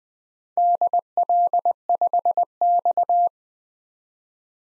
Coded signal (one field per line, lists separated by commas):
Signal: Morse code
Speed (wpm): 20 wpm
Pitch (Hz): 700 Hz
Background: none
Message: DL5X